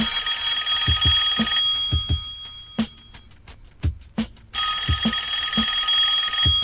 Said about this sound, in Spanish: En la oficina suena el teléfono.